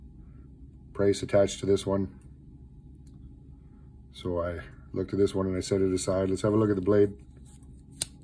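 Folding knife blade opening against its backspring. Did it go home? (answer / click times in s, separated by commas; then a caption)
released / 8.0 s. A Case Mini Trapper slip-joint folding pocket knife, about 20 years old and apparently never used, has its steel blade opened against its backspring while someone talks. The blade snaps fully open with a short, sharp metallic snap at 8.0 s, a nice snap open.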